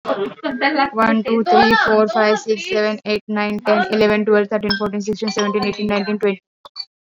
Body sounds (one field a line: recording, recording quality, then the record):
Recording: counting at a fast pace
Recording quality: excellent, no background noise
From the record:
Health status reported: healthy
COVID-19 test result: not tested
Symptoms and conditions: none ticked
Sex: female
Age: 31 years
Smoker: not ticked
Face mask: worn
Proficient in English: yes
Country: India